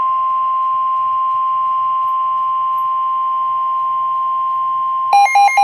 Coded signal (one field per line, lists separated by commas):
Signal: Emergency Alert System (SAME) tones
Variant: 1050 Hz attention tone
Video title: Another SVR On WXL70 EAS #858